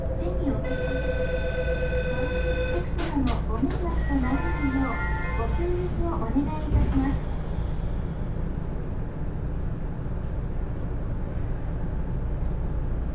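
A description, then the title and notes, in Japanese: A ride on the Aonami and Higashiyama rail lines: a steady low rumble throughout, with a tonal chime and spoken announcement in the first seven seconds. 鉄道旅 あおなみ線・東山線 金城ふ頭→荒子・高畑→名古屋。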